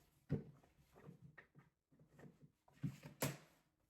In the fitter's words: locked into place now it's ready to go